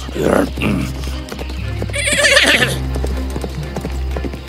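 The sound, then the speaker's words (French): A horse gallops with a steady clip-clop of hooves, giving loud breathy snorts at the start and a bright, shrill whinny partway through, over a low continuous rumble. “Le souffle fort de mon cheval réveilla le géant.”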